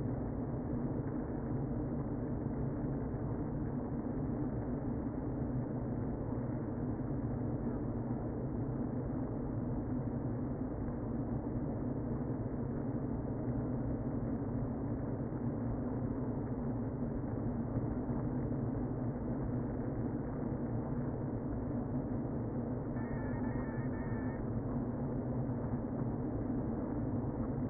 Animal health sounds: honeybee colony, microphone inside the hive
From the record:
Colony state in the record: queen present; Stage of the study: before two queens were removed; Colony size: about 60,000 bees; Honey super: yes

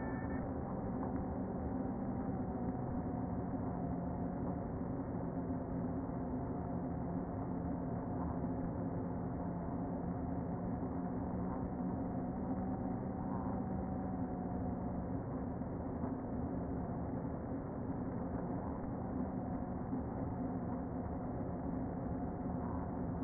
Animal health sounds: honeybee colony, microphone inside the hive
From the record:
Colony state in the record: queen present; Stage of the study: before two queens were removed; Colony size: about 60,000 bees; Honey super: yes

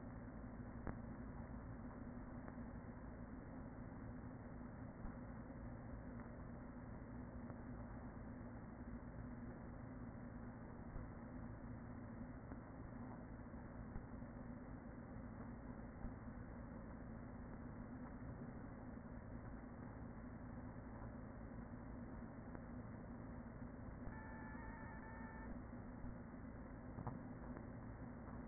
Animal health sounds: honeybee colony, microphone inside the hive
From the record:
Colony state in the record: queen present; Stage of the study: after two queens were removed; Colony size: about 40,000 bees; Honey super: no

